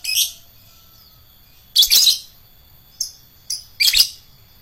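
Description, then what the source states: Lovebird uttering shrill, buzzy chirps: a brief opening note, a stronger double burst, then three quick squeaky calls. Adult lovebird of the fighter type.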